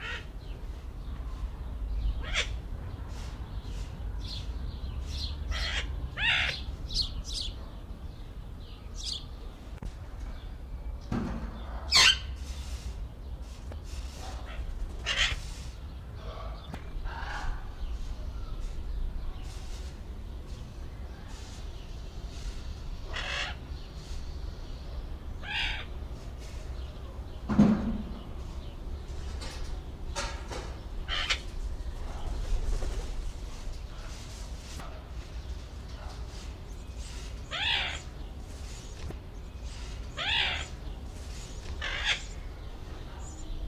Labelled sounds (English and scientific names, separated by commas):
Golden-collared Macaw (Primolius auricollis) call